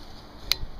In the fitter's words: it locks into place